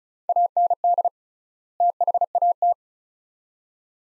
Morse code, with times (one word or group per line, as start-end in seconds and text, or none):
0.3-1.1 AND
1.8-2.7 THAT